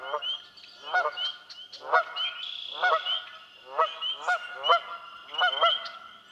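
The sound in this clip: Canada goose honks from several birds, repeated nasal calls overlapping, roughly one per second, with higher notes among them.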